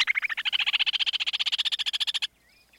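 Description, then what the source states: Upland Sandpiper: a fast, even rattle of many pulses, rising slightly in pitch, ending abruptly, with a faint whistle after. Song described as a whistle that rises and falls.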